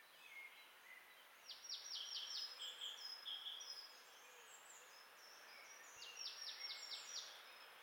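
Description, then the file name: Marsh tit calls: two quick runs of about six high, buzzy, descending notes, the first near two seconds and the second near six and a half, over soft background hiss and other faint chirps. "Poecile palustris"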